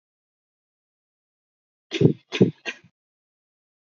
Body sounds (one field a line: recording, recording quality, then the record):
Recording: shallow voluntary cough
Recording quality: moderate, slight background noise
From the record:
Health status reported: exposed to COVID-19, no respiratory illness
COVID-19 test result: negative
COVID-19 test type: RT-PCR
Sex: female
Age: 22 years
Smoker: no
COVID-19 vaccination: one dose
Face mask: not worn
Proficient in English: yes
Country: India